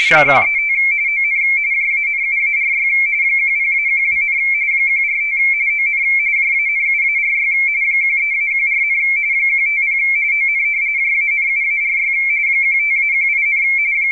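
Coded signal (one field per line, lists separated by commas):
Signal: RTTY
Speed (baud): 45.45 baud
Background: speech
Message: 135 ON JANUARY 10-12, 145 ON JANUARY 13-14, 150 ON JANUARY 15-18,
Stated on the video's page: Radioteletype printed by MMTTY and analyzed by HamScope.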